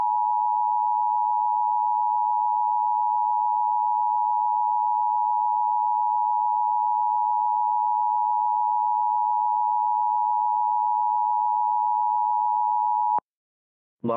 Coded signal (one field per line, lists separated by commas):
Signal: Emergency Alert System (SAME) tones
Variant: 853 and 960 Hz attention tone